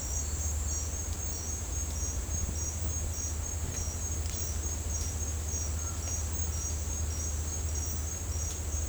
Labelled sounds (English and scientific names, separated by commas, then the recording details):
none
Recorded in dense forest near Puerto Asís, Putumayo, Colombia, on 20 December 2024 at 09:00
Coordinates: 0.466, -76.327
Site G075